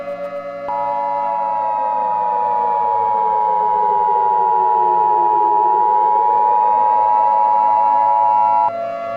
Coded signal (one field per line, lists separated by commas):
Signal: Emergency Alert System (SAME) tones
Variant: 853 and 960 Hz attention tone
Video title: *VALID TONES* EAS New Year's Eve Scenario: "2017"